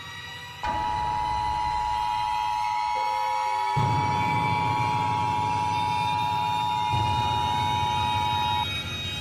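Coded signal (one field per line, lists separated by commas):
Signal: Emergency Alert System (SAME) tones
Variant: 853 and 960 Hz attention tone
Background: music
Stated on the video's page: Fictional EAS scenario requiring heavy editing.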